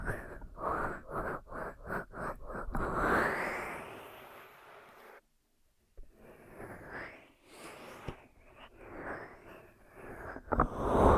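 Ear massage and cleaning sounds: a quick run of about eight regular rubbing strokes in the first three seconds, then slower, uneven scratchy friction that swells and fades. A near-silent gap falls around five to six seconds before the rustling resumes, growing loudest at the end.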